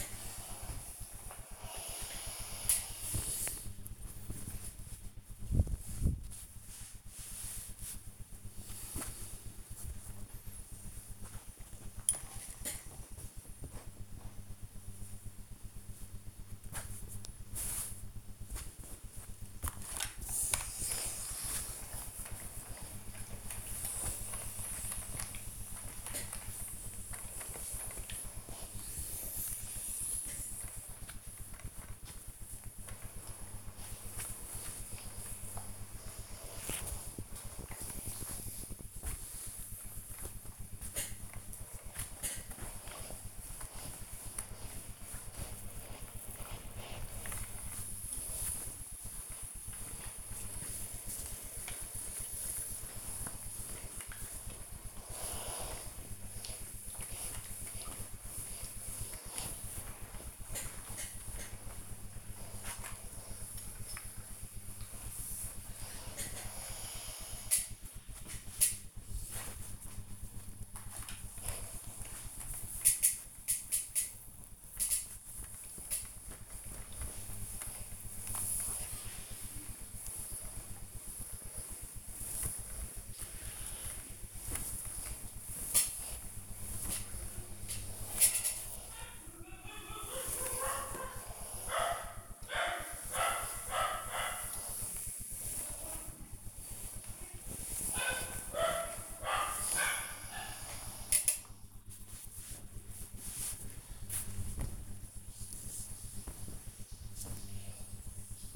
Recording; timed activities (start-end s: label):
household activities, microphone on the right wrist
0.00-108.55 s: ironing laundry